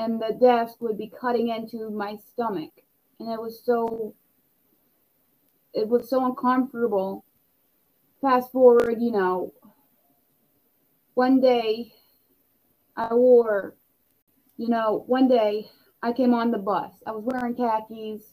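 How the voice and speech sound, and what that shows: An adult tells a casual story with long silent gaps of one to nearly two seconds mid-phrase. There are stretched sounds ("so…", "I wore…") and a restarted phrase ("one day I wore, you know, one day I came"): stuttering blocks and revisions.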